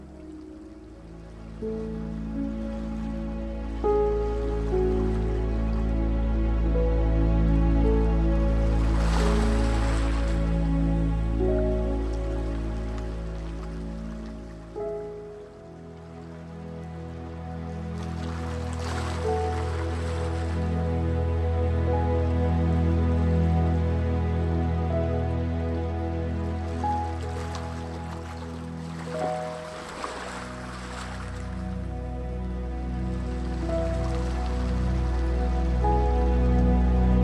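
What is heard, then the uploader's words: Soft, sustained piano chords ring over deep low notes, changing harmony around fifteen and thirty seconds. Gentle ocean waves wash in behind the music, swelling and receding every several seconds, with noticeable surges near 9, 19 and 28 seconds. Piano Gentle Ocean sounds.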